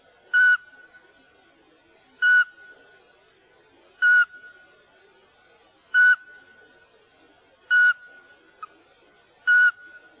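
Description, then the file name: Eurasian pygmy owl repeating a single short whistled hoot six times at a steady pace of about one every two seconds, monotone and evenly spaced. "spurvugle"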